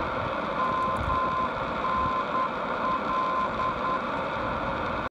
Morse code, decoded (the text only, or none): MNL